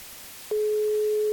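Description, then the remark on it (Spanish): A steady, mid-pitched telephone ringing tone, on a call placed to book a haircut, starts abruptly about halfway through and holds unbroken to the end, over a faint background hiss on the line. “Ahí está, un tono.”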